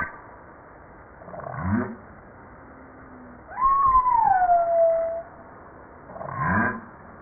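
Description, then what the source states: Humpback whale song: a rising grunt, a long smooth falling whistle, then another low upsweeping grunt. Recorded 5 March 1994.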